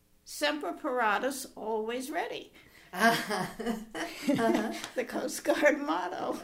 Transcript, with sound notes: Semper Paratus, Always Ready. [Laughs] The Coast Guard motto.